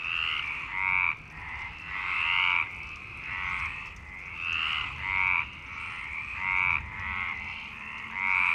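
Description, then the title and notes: Frogs croak in a dense chorus, harsh pulsed croaks swelling roughly every second with overlapping callers. Frogs in Parc Longchamp, Marseille, Provence-Alpes-Côte d'Azur, France, 26 March 2011, 19:35; recorded with a MixPre-6 and Basic Ucho. "Marseille, Provence-Alpes-Côte d'Azur, France - 26_03_11_19_35 Longchamps_004 grenouilles. Grenouilles au parc de Longchamp"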